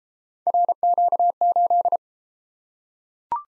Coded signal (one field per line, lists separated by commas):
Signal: Morse code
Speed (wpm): 33 wpm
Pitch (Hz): 700 Hz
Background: none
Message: RQ8